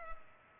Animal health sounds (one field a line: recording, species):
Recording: mosquito wingbeat signal from an infrared sensor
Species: Culex pipiens